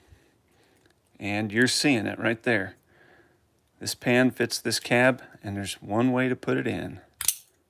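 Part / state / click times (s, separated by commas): plastic pan into toy tractor cab / seated / 7.2 s, 7.3 s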